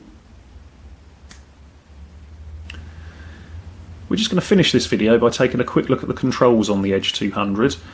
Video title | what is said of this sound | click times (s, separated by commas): Garmin Edge 200 Unboxing & Overview | having lined up the tabs and then twist it through 90° and you'll hear it click into place. | 2.7 s